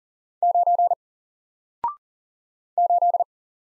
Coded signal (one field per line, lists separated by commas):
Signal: Morse code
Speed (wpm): 39 wpm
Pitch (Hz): 700 Hz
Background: none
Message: 9 8